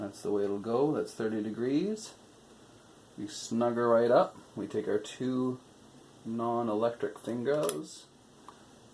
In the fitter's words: it in there and you see it just clicks right in there clicked